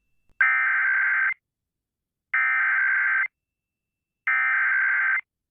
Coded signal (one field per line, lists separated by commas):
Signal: Emergency Alert System (SAME) tones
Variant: header bursts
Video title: (EAS #21) | Flash Flood Warning for American Samoa on KKHJ | 02/03/22